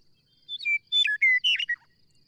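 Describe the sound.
Bird song, a quick phrase of clear whistled notes at varied pitches, some sliding down, over a faint steady high hiss.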